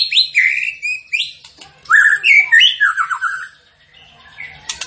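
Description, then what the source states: Zebra finch song: loud rising whistled notes and slurred chirps in quick bursts, then a pause and a few faint sharp notes at the end. Training audio for cage birds; the bird is described as gacor, singing prolifically.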